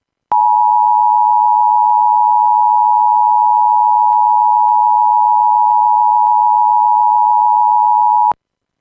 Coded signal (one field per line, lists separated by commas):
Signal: Emergency Alert System (SAME) tones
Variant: 853 and 960 Hz attention tone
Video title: EAS #2LocalAreaEmergency